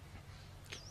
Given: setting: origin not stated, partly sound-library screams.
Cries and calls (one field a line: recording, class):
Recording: one-second piece from a danger detection set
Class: normal situation